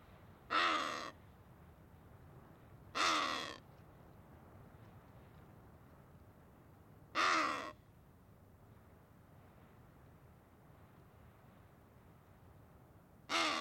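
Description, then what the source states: Wattled ibis repeating a harsh, hoarse, cawing call four times, spaced irregularly every two to six seconds, over a steady background hiss. Small group of wattled ibises feeding on crags on the Sanetti Plateau.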